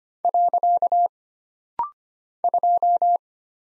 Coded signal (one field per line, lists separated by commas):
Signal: Morse code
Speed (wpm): 25 wpm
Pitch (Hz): 700 Hz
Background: none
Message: . 2